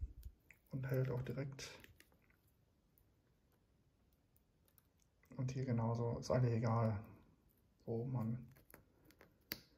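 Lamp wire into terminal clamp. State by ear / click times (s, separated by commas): seated / 9.5 s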